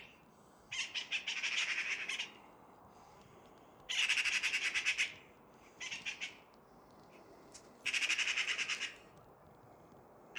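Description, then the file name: Eurasian magpie giving harsh rattling chatter calls in four bursts, each a rapid series of dry, noisy notes lasting from under a second to about one and a half seconds. "Pica pica"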